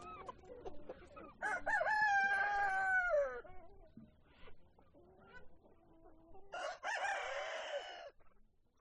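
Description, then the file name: Chicken: two loud, drawn-out crows separated by quieter clucks and other farmyard sounds. Chickens on a chicken farm. "west wolf Chicken farm"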